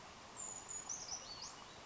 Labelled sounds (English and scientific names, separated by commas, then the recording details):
Brown Creeper (Certhia americana)
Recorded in Sonoma County, California